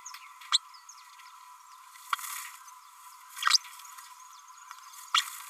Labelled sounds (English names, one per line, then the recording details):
Green-rumped Parrotlet babbling
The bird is a male
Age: 32 days
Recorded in a nest box in Venezuela
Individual 17B32A6